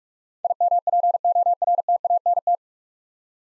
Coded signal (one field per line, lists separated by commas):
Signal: Morse code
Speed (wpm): 44 wpm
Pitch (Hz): 700 Hz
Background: none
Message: IMPORTANT